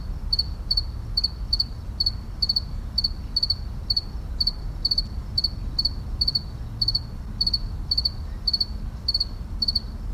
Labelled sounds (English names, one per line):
House Cricket stridulation